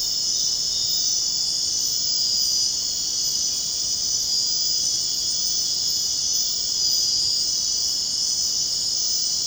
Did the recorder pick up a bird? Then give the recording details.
no. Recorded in dense forest near Puerto Asís, Putumayo, Colombia, on 22 June 2025 at 22:30. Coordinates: 0.499, -76.324. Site G100